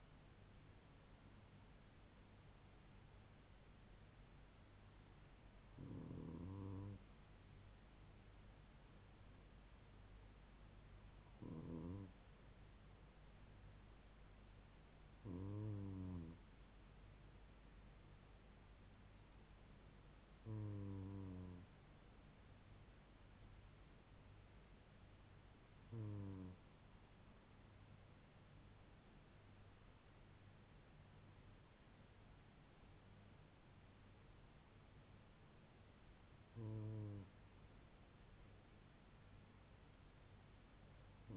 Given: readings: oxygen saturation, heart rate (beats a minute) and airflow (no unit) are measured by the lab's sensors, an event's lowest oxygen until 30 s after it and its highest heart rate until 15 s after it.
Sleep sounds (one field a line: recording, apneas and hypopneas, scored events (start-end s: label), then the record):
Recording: breathing in sleep by a voice recorder at the bedside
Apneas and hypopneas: none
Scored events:
none scored
From the record:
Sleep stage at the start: N2 (light sleep)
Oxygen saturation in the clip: 96%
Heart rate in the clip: 69 to 78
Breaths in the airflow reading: 8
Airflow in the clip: -3.7 to 3.3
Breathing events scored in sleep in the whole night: 158 in 7.3 hours asleep